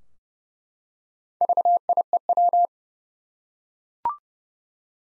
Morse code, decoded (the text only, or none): VIEW